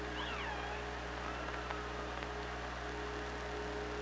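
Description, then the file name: Killer whale call: faint whistled, curving tonal sounds rising and falling early on, over steady hydrophone hiss and low hum with a few clicks. OrcaLab hydrophone, underwater, 24 August 2017 at 16:22. "Orca Lab UTLN JASON 20170824 162200"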